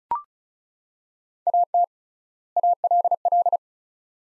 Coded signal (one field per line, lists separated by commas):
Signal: Morse code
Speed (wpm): 36 wpm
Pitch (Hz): 700 Hz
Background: none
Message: AT ALL